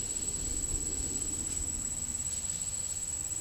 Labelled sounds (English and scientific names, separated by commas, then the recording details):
none
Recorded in pastures near Puerto Asís, Putumayo, Colombia, on 12 March 2025 at 16:00
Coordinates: 0.497, -76.327
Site G072